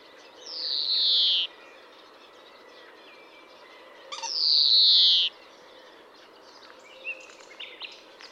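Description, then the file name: European greenfinch giving two long, buzzy, nasal wheezes that slide downward, each lasting about a second, separated by a few seconds of quiet, with faint chirps near the end. "Chloris chloris"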